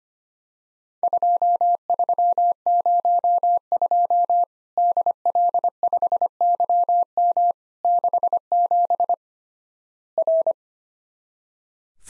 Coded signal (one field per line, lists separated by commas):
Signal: Morse code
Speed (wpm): 25 wpm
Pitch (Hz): 700 Hz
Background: none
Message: 2302 DL5YM 67 R